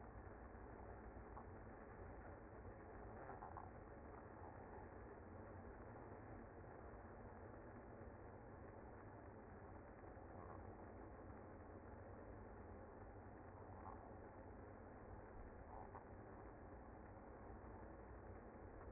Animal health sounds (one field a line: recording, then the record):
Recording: honeybee colony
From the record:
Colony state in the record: active